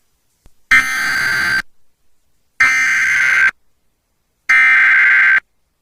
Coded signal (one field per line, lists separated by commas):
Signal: Emergency Alert System (SAME) tones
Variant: header bursts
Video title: EAS COMPILATION LAREDO, TX APRIL 23 2023 SEVERE THUNDERSTORM/FLASH FLOOD WARNINGS (EAS #70-80)